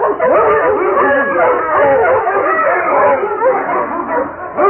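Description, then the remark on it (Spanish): A pack of mastiffs barks and bays all at once, deep woofs overlapping with higher yelps and drawn-out howls in a loud, unbroken chorus that never lets up. “pronto, un silbido agudo y penetrante se escuchó dominando los ladridos de los mastines.”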